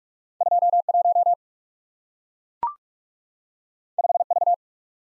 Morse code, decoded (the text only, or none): 21 5V